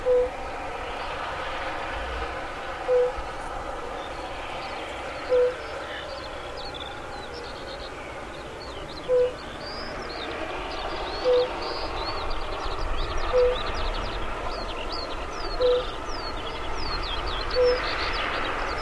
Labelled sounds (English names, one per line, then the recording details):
Fire-Bellied Toad call
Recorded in the wild
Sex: male
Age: adult
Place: Falkenberger Rieselfelder, Barnim, Berlin, DE
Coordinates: 52.5839, 13.5542
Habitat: lake
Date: 1991-06-25 18:38
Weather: Luft: 18,9°C, Wasser: 22,2°C
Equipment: Uher 4000 Report Monitor, Sennheiser ME 80, K 30 AV, Original
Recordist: Frommolt, Karl-Heinz
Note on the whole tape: Rufe eines Tieres im Mittelbecken